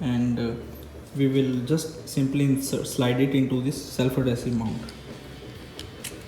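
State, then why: Not seated. A GoPro HERO 8 action camera, already on its quick-release buckle, is being handled for sliding into a self-adhesive base mount on a CCM Krossport 700c hybrid bike while someone talks. Two faint ticks come near the end, at about 5.8 and 6.1 seconds, but nothing has seated or clicked into the mount yet.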